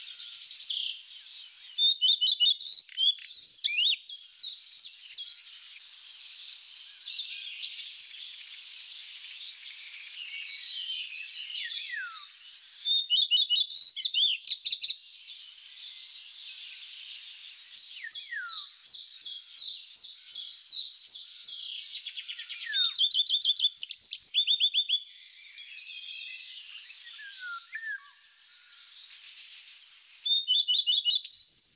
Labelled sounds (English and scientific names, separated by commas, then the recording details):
Common Redstart (Phoenicurus phoenicurus) song
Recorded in the wild
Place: Oberrotweil am Kaiserstuhl / Bickensohl, Baden-Württemberg, DE
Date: 1991-05-14
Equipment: Dat-Recorder Casio DA 7, Telinga M2, stereo, Telinga-Parabolspiegel
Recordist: Schwarz, Dieter